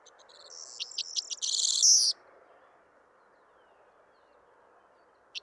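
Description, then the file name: Corn bunting song: a single phrase of stuttering ticks building into a bright, jangling rattle, then quiet apart from background noise and a final tick. Song between two rivals; recorded 28 February 2020. "Corn-Bunting Song-between-two-rivals Alfes"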